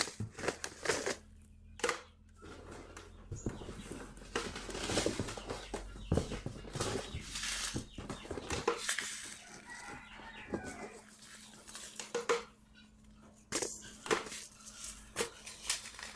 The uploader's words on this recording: Sorting Seed packets. Sorting packets of seeds.